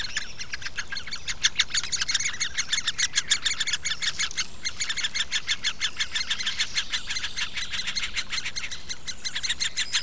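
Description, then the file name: Great spotted woodpecker nestlings giving a continuous harsh, buzzy begging chatter of rapidly repeated notes. Adult great spotted woodpecker feeding its nestlings. "nagy fakopáncs fiókáit eteti"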